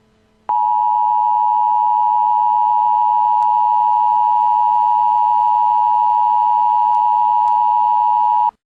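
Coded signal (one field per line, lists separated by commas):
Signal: Emergency Alert System (SAME) tones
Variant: 853 and 960 Hz attention tone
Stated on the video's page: Fake EAS alert made as a prank.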